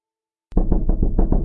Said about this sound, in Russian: Не успел он зайти домой, как в дверь настойчиво застучали.